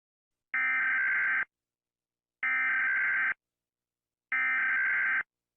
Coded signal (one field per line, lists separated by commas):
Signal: Emergency Alert System (SAME) tones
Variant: header bursts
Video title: EAS Scenario nuclear bomb￼